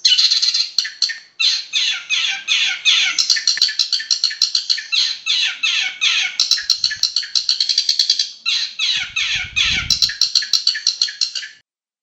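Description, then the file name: Long-tailed shrike song, a long run of harsh, grating notes repeated about three times a second, briefly pausing, with a low thump near the end. Master song used for training songbirds. "cendet master. omkicau"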